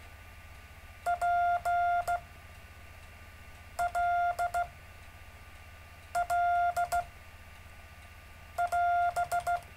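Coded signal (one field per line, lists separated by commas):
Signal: Morse code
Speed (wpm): 16 wpm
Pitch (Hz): 700 Hz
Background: none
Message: PLL <AS>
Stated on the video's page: Gentle Morse code practice sent on a live stream.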